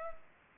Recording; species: mosquito wingbeat signal from an infrared sensor; Anopheles gambiae